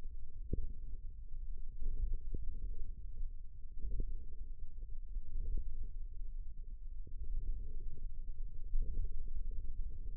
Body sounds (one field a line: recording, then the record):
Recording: forearm muscle sounds (acoustic myography)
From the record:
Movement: ulnar deviation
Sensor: system 1, eight BSWA MPA416 microphones around the upper forearm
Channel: 6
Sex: male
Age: 54 years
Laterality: right